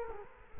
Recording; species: mosquito wingbeat signal from an infrared sensor; Culex quinquefasciatus